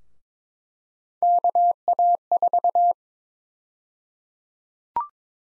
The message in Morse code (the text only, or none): KA4